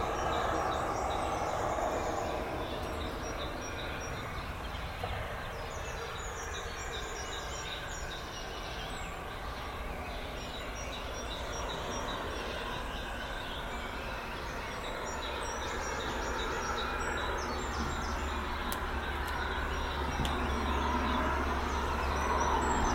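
A May morning outdoors, with steady low traffic rumble from passing vehicles beneath a dense layer of bird chirps and trills throughout.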